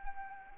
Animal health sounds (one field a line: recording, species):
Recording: mosquito wingbeat signal from an infrared sensor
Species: Anopheles arabiensis